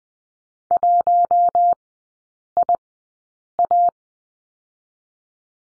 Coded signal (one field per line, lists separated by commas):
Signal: Morse code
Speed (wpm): 20 wpm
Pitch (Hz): 700 Hz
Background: none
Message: 1IA